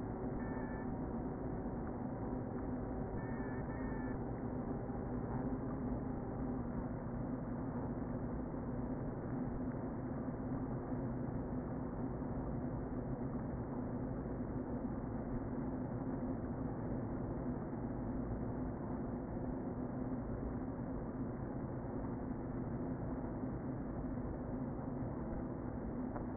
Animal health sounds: honeybee colony, microphone inside the hive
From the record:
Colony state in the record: queen present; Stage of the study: before two queens were removed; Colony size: about 60,000 bees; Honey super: yes

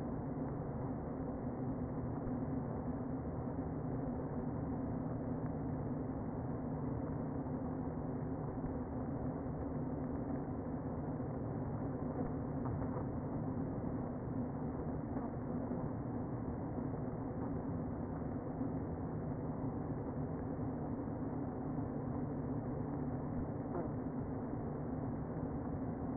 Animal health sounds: honeybee colony, microphone inside the hive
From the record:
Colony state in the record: queen present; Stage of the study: before two queens were removed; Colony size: about 60,000 bees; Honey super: yes

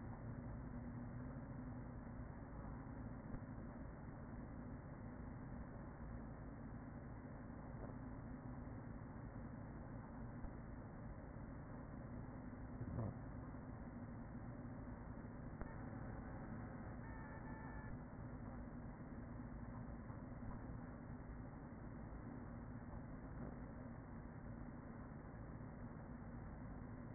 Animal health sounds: honeybee colony, microphone inside the hive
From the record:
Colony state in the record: queen present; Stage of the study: after two queens were removed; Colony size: about 40,000 bees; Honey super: no

